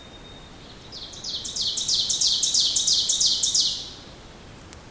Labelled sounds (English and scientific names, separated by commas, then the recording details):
Ovenbird (Seiurus aurocapilla) song
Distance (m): 15 m
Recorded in boreal forest in Alberta, Canada, on 2 June 2016 at 06:17
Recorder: SongMeter 3, array SBT-3-7
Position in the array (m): -2 m, 87 m
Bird 7